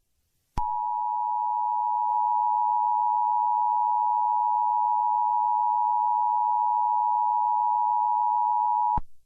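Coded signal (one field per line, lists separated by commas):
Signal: Emergency Alert System (SAME) tones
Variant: 853 and 960 Hz attention tone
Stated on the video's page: Fictional mock alert scenario made with editing software and text-to-speech; entirely fake.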